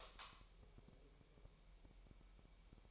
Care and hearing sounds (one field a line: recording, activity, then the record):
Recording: daily activity, microphone in the room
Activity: light off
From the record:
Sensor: 1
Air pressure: 1002.0 hPa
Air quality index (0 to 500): 246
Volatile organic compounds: 50 ppm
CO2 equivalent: 3290 ppm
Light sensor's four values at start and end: 12/38/15/16 and 5/11/4/5